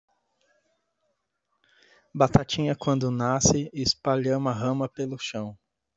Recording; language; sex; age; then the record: short text; Brazilian Portuguese; male; 30 to 39 years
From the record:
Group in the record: control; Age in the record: 37 years